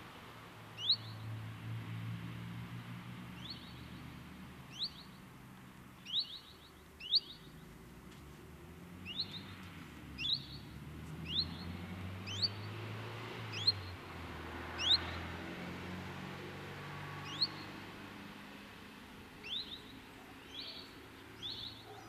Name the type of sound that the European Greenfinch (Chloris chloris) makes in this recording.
call